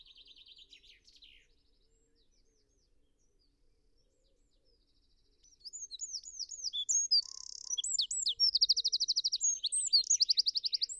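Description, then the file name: Eurasian wren: a soft high trill at first, a quiet pause, then a loud energetic song of sharp high notes and rattling trills. "Troglodytes troglodytes"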